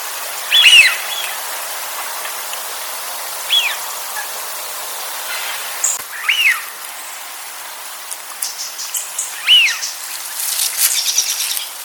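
Wigeon giving clear whistled calls, a sharp rising-then-falling note about every three seconds, four in all, over steady hiss with faint patter.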